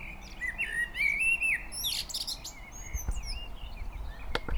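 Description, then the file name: Common blackbird singing a fluty, wavering phrase that breaks into a high scratchy twitter, followed by thin high notes and a few sharp clicks. "Turdus merula"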